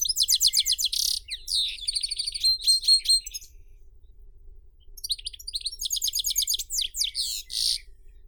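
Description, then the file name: European goldfinch song: fast liquid twittering and buzzy trills, a bright run, a short pause, then another tinkling burst. "Golosa ptic - CSHegol Carduelis carduelis"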